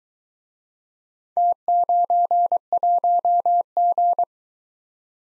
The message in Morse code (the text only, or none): T91G